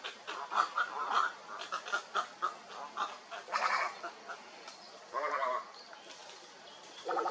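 Several herons give raspy, repeated croaking calls in quick uneven bursts, followed by longer harsh squawks as the chorus continues.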